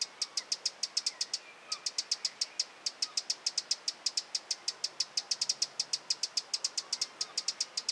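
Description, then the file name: Eurasian wren ticking loudly and regularly, about five or six crisp notes a second, with one short break near the start. "Troglodytes troglodytes"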